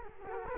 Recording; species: mosquito wingbeat signal from an infrared sensor; Culex quinquefasciatus